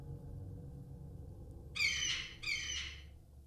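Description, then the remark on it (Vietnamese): Two loud, harsh seagull squawks ring out one after another, shrill and raspy, over a steady low rumble of background noise. “Tiếng của vài con mòng biển nháo nhác kêu lên”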